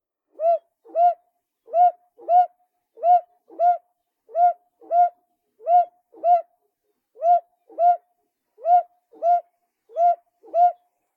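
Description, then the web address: Northern boobook hooting: paired low hoo-hoo notes, each pair about every one and a half seconds, steady and clear against silence. "aobazuku"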